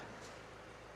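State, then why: Not seated. A TVR boot lid is being closed again on the car body to check that the latch repair was not a fluke. Only a steady, low broadband rumble is heard, with no distinct impacts. The latch has not yet clicked or seated when the clip ends.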